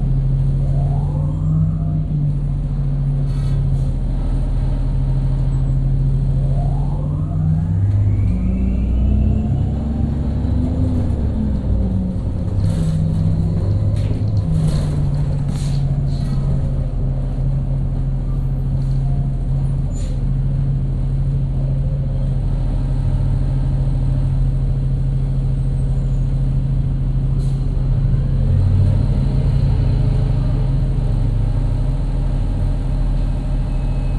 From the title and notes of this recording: B103 Bus with Bad Struts. Recorded by Dan Bodah in Brooklyn.